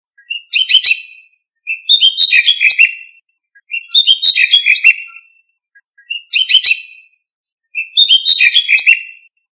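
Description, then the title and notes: Songbird singing five bursts of high, fast twittering notes, each burst lasting one to two seconds and separated by short pauses. Indonesia. "Kicau Burung Indonesia"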